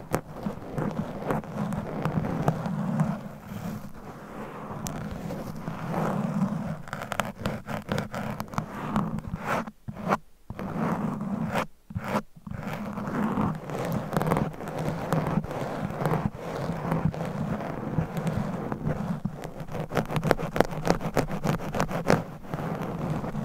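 Claws scratch a microphone in dense, rapid rasping strokes over a low rumble, with two brief dropouts near ten and twelve seconds.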